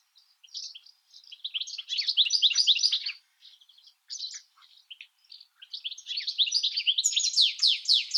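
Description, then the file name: European goldfinch song, a nearly continuous jumble of fast tinkling twitters and trills that grows brighter toward the end. "CSHegol Carduelis carduelis"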